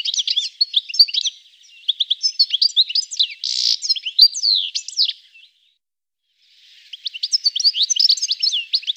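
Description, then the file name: Bird song: rapid, sweet twittering of high chirps and trills, a pause near six seconds, then more quick twittering phrases. Birds singing, described as a sweet sound. "El Dulce Sonido de los Pajaros Cantando"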